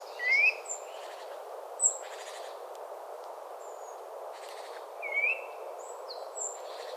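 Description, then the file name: Eurasian nuthatch giving two quick upslurred whistled calls several seconds apart, with thin high notes and a constant rushing noise underneath. "Sitta europaea"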